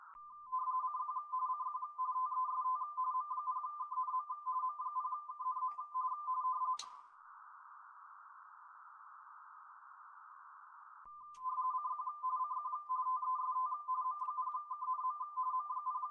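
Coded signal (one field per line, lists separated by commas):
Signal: RTTY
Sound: fast warbling two-tone chatter, interrupted by a few seconds of hiss, then resuming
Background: radio static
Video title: M0KNM - CQ WW RTTY Contest 2025 27/09/25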